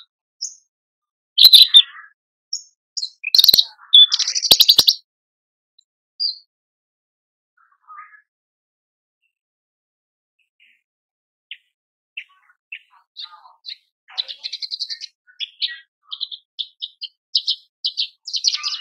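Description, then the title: Horsfield's bush lark song: loud chattering bursts early, then a long near-silent gap before quieter, rapid high chirps build again. Masteran tutor recording for training caged birds; described as super gacor, singing persistently. "MASTERAN AMPUH KICAUAN BRANJANGAN SUPER GACOR"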